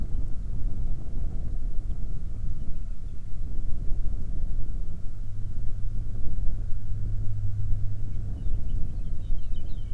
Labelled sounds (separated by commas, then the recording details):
songbird, wind
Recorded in the Arctic National Wildlife Refuge, Alaska, on 20 May 2019 at 12:00
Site 38